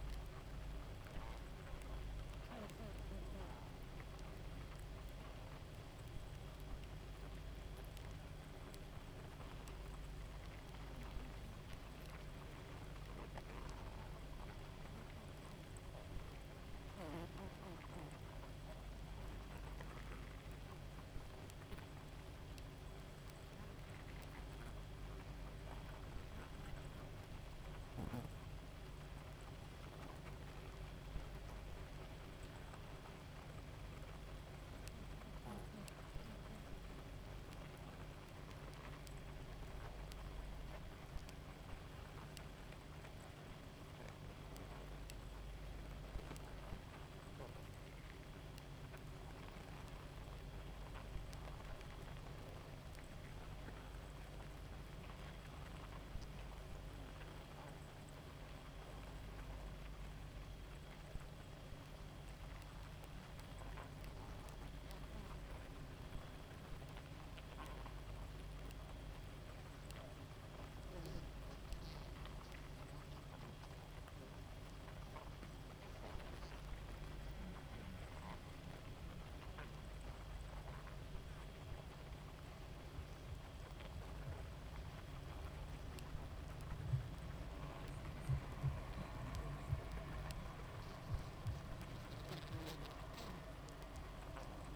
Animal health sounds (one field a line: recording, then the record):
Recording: honeybee colony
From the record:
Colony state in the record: active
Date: 28 July 2017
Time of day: 0:00